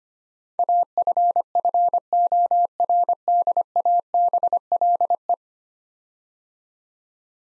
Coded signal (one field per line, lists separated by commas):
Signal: Morse code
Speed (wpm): 25 wpm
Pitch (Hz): 700 Hz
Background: none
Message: AFFORDABLE